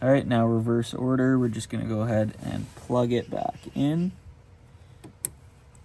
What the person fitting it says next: you hear that click